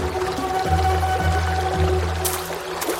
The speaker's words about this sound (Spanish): El príncipe decidió sumergirse en el agua cuando de pronto escuchó una llamada.